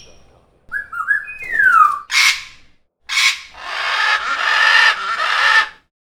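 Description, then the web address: Parrot calls: a few short whistled notes and a clear note gliding downward, followed by loud, harsh raspy squawks. "Iransample parrot"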